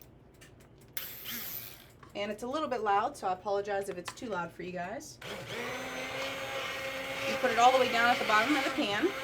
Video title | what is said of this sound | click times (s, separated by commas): How To Can A Tomato Base | then you can wash this separately locks into place | 1.0 s